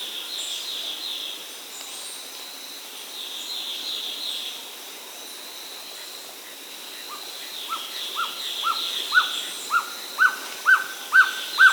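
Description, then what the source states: Violaceous trogon song: after several seconds of steady insect hiss, short clipped notes begin, repeated about twice a second and growing steadily louder to the end. Amazonian bird, recorded in the Amazon, South America.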